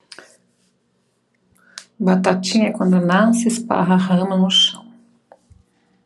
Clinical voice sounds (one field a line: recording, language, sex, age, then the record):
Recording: short text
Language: Brazilian Portuguese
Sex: female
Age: 40 to 49 years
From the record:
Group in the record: control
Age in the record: 47 years